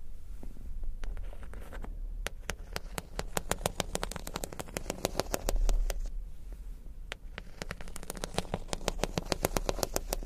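Crystals and beads tapped in quick, bright clicks, often irregular and dense, thinning briefly around six seconds, over a low steady rumble.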